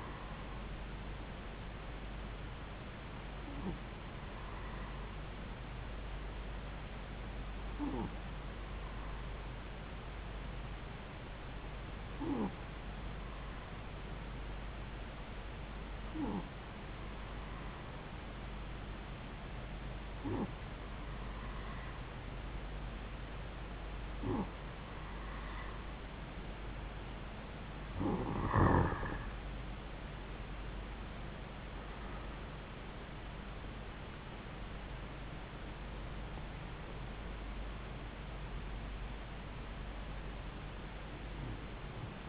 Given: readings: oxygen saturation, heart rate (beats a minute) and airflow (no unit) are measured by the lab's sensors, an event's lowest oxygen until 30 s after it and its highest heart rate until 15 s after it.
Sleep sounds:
breathing in sleep by a voice recorder at the bedside; 1
5.00-34.10 s: hypopnea (N2, oxygen 94% highest, then 92% lowest)
From the record:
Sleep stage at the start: N2 (light sleep); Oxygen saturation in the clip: 92 to 94%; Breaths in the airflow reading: 10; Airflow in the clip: -5.0 to 8.5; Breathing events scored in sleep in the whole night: 270 in 6.1 hours asleep

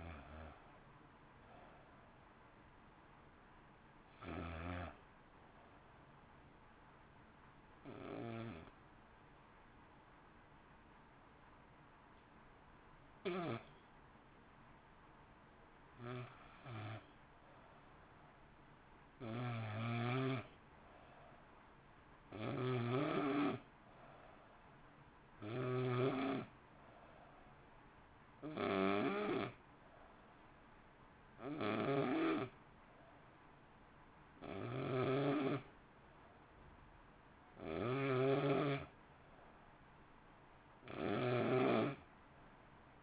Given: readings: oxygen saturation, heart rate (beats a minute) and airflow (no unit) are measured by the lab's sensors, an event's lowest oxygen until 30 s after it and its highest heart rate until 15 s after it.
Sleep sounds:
breathing in sleep by a voice recorder at the bedside; 1
4.00-29.20 s: hypopnea (N2, oxygen 94% highest, then 88% lowest, heart rate 54 at the start, 58 highest)
From the record:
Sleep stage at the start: N2 (light sleep); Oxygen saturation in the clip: 87 to 94%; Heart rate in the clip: 53 to 58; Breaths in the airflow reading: 16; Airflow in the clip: -0.8 to 0.8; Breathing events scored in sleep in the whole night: 328 in 6.3 hours asleep

